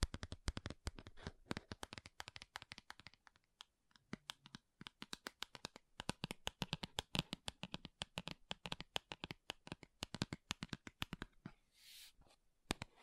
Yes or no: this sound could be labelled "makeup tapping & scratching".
yes